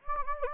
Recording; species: mosquito wingbeat signal from an infrared sensor; Anopheles gambiae